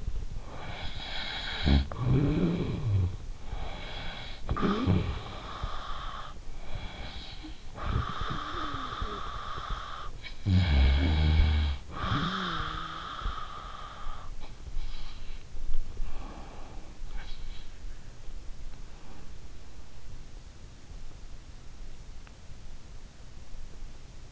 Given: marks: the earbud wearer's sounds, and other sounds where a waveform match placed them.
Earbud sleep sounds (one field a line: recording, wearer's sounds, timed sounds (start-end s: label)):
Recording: sounds in sleep by an in-ear microphone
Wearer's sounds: snoring breath, breath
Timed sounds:
0.00-6.39 s: snoring breath
6.39-9.96 s: breath
9.96-14.39 s: snoring breath
14.39-17.72 s: breath